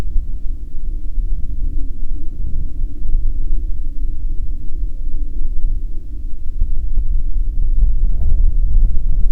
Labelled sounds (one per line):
wind
aircraft